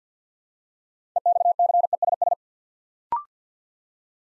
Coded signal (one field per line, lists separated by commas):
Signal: Morse code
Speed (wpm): 48 wpm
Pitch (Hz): 700 Hz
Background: none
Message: EXCESS